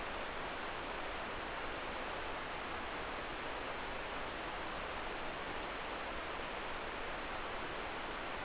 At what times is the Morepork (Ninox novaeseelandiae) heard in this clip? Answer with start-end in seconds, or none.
none